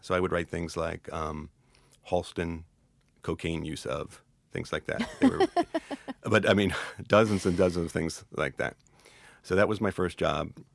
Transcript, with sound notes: So I would write things like, "Halston, cocaine use of," things like that.
(laughs)
But, I mean, dozens and dozens of things like that. So that was my first job.